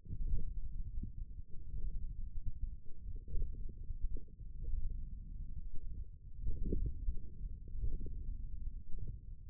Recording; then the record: forearm muscle sounds (acoustic myography)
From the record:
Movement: hand closing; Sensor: system 1, eight BSWA MPA416 microphones around the upper forearm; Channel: 1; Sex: male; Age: 20 years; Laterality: left